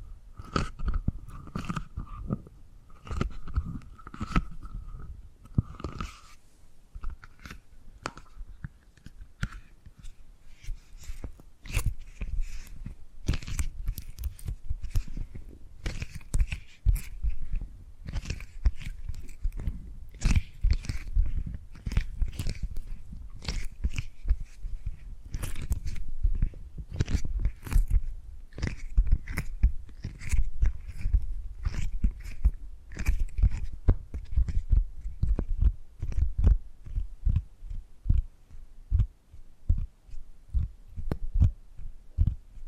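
Dense tapping and gripping sounds, sharp clicks and crackly scrapes arriving in quick irregular bursts throughout. Early on, a faint steady tone hums for about ten seconds, then fades. Later the taps grow brighter and busier, with a soft low thudding underneath.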